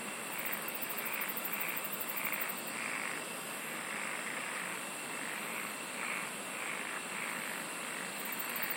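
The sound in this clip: Insects singing in a dense, steady chorus with a softly pulsing mid-pitched throb and very high rapid trills at the start and end.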